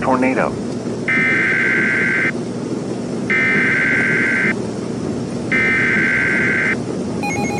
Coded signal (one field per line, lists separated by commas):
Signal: Emergency Alert System (SAME) tones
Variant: header bursts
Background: speech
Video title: Dark Storm Redux (EAS Scenario)